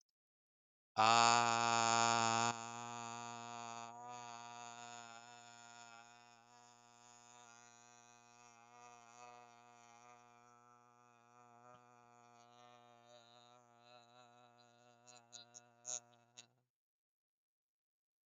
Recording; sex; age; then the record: vowel held as long as possible; male; 20 to 29 years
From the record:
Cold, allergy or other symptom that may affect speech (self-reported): no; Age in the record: 25 years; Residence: California, United States